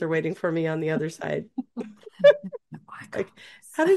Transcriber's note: laughs